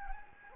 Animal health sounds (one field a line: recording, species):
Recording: mosquito wingbeat signal from an infrared sensor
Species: Anopheles gambiae